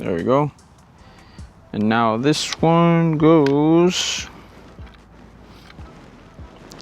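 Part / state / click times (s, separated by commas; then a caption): steering wheel wiring connector into its socket / seated / 6.7 s, 6.8 s. Someone talks while a second wiring connector in a custom steering wheel for a manual G80 M3 is pushed into its socket. Two sharp clicks at 6.7 s and 6.8 s mark the connector snapping in, and it is confirmed seated.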